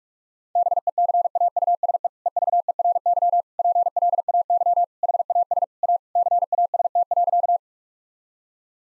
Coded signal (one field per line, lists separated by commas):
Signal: Morse code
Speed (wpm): 46 wpm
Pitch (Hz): 700 Hz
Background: none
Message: BECAUSE EVERY PLAY HAS A CAST.